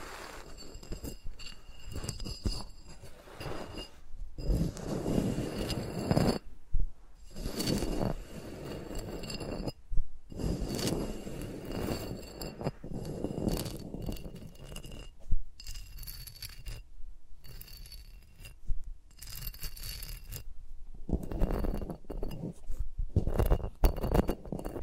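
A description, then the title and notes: Fingers move around microphones, with no talking, making dense rustling, brushing and tapping sounds in bursts. The strokes come in busy stretches broken by short silences every few seconds, with occasional sharper taps and glassy clinks. ASMR with Mics Around My Fingers (No Talking).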